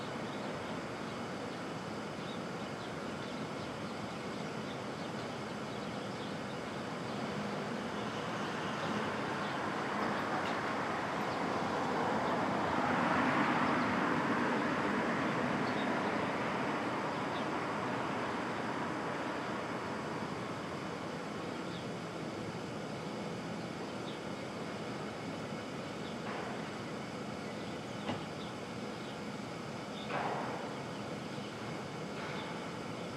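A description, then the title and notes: Brooklyn at dawn: a steady, dense low rumble of traffic fills the whole stretch. A vehicle or train swells louder from about ten to twenty seconds, then fades. Short, sharp sounds break through near 26, 28 and 30 seconds. Brooklyn Dawn. Street Traffic, Open Air II.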